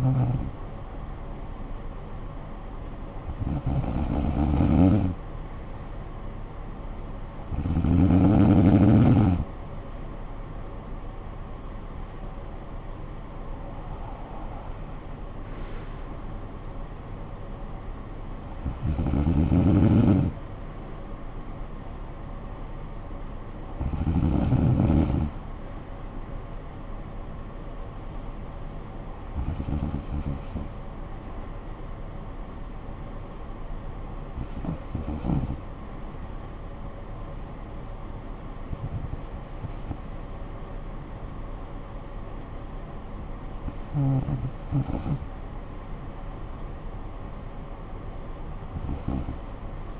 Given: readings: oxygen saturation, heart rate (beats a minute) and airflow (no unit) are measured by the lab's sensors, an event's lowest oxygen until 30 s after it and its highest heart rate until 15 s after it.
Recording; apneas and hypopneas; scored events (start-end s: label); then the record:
breathing in sleep by a smartphone at the bedside; none
13.00-50.00 s: new sleep stage, N2 (light sleep)
From the record:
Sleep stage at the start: N3 (deep sleep); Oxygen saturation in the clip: 94 to 95%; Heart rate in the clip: 52 to 69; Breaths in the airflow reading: 11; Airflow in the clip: -14.0 to 8.2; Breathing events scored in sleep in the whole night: 445 in 7.6 hours asleep